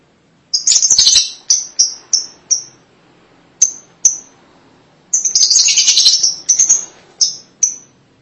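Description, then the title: Lovebird calls: short harsh chattering bursts mixed with spaced sharp high chirps, separated by quiet pauses. "BM Suara Burung Lovebird"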